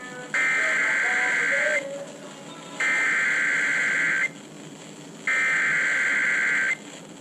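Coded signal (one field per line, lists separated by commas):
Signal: Emergency Alert System (SAME) tones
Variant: header bursts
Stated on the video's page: Severe weather alert tones.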